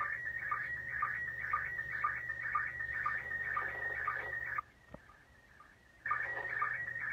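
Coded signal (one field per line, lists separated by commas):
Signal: SSTV (slow-scan television)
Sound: warbling tone around 2 kHz with short low ticks twice a second, one pause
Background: radio static, low hum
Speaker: réception d'une image de l'ISS toujours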